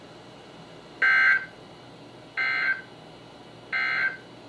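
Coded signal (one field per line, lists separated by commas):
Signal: Emergency Alert System (SAME) tones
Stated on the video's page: Weather radio broadcasts on 162.550, 162.475 and 162.450 MHz, received on several weather radios including Motorola MWR822, Maxon WX70, Midland 74-109, Reecom R1650, Sangean CL100, RadioShack models.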